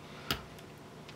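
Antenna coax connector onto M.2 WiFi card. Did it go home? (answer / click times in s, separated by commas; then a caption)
yes / 0.3 s. A white, labelled coaxial antenna lead is pressed down with a pry tool onto the M.2 WiFi card of a Dell XPS 13 (9350), the second of its two antenna connectors. It snaps on with a sharp, bright click at 0.3 s, followed by a much fainter tick at 1.1 s. The connector is seated, with both antenna leads now clicked back into place.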